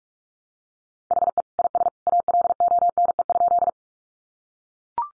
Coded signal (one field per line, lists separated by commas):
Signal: Morse code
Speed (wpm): 44 wpm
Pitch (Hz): 700 Hz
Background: none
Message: HE IS ALONE?